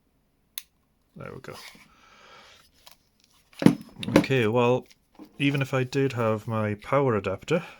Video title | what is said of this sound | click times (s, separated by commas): Unwrapping The Anytalk Mt 8900 Mobile Ham Radio - Get A Look Inside! | see we get to do it again tiny little click there | 0.6 s